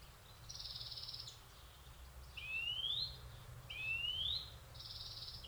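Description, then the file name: European greenfinch giving a flat buzzy note, then two long rising wheezes roughly a second apart, ending with another buzzy trill; low steady rumble in the background. "Chloris chloris"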